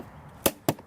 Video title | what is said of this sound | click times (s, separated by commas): EGO Power+ Lawn Mower & String Trimmer Review: Worth It? | just slide the battery in you hear the click and | 0.5 s, 0.7 s